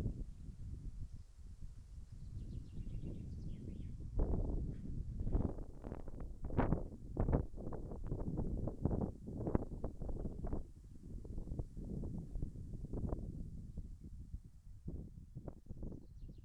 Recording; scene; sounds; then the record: everyday scene through a hearing-aid microphone; wind on the microphone; wind, birds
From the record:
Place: in front of a rural house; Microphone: behind the ear, left, front